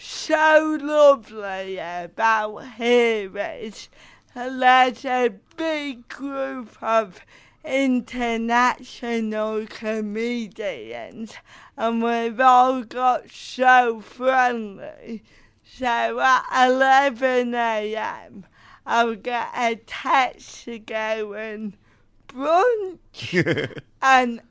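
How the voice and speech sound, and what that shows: Adult British woman with cerebral palsy speaking with dysarthria; her speech sounds different from usual and is slower, with drawn-out syllables and frequent pauses between short phrases.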